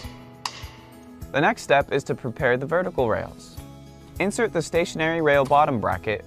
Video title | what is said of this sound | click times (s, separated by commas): Vidéo d'installation pour stores cellulaires verticaux installés extérieur-cadre | in one motion push up and back until you hear it click into place on the brackets the | 0.5 s